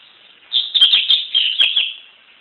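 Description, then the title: Double-collared seedeater song, a fast run of bright chirped and warbled notes with sharp clicks, lasting over a second, with a faint steady hiss behind. "Canto Coleiro"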